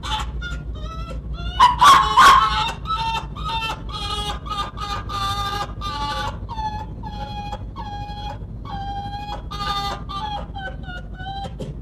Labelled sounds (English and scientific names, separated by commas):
Arctic Fox (Vulpes lagopus)